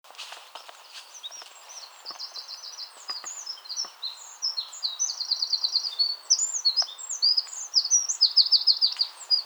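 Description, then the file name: Eurasian wren song: a high, rapid twittering with several rattling trills, growing louder over a noisy background with scattered clicks. "Troglodytes troglodytes"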